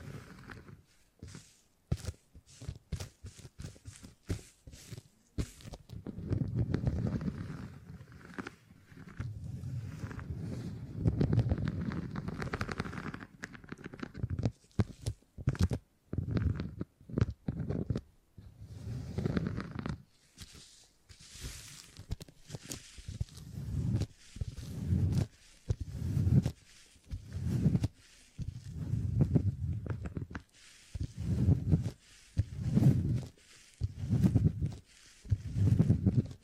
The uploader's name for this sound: Brain Tingly Sounds Using Beeswax